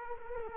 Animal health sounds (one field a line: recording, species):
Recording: mosquito wingbeat signal from an infrared sensor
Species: Culex quinquefasciatus